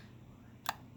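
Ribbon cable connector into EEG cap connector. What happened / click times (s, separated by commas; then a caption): The multi-pin connector snapped into place / 0.7 s. An EEG cap's ribbon cable connector is lined up by its number and arrow with the matching mark and pressed together with both thumbs using equal pressure. It clicks in at 0.7 s as a single short, bright snap over a low steady hum. The connector is seated.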